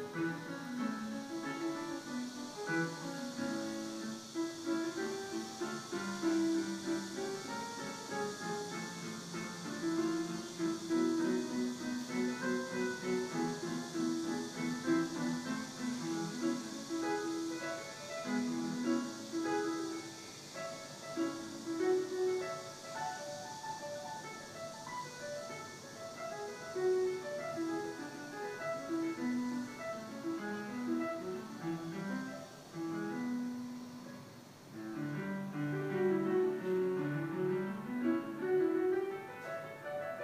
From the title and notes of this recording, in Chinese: 录音-楼上钢琴练习。